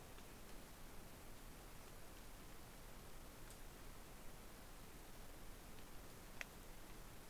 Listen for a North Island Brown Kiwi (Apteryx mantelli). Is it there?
no